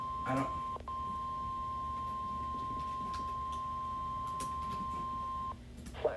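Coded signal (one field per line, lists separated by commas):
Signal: Emergency Alert System (SAME) tones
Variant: 1050 Hz attention tone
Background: speech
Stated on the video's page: Real Hurricane Milton alerts, including hurricane and tornado warnings.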